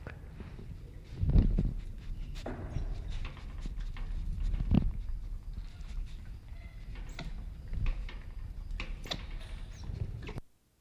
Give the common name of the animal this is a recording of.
White-nosed Coati